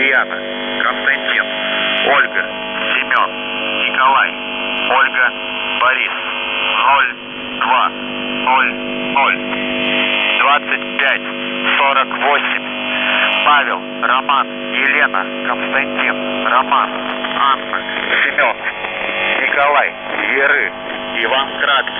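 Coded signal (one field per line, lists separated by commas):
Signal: coded military voice message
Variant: UVB-76, Russian phonetic alphabet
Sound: russian male voice spelling names and numbers over a steady radio buzz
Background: buzzer tone, radio static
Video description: "The Buzzer" is a Russian military radiostation that broadcasts on 4625 kHz.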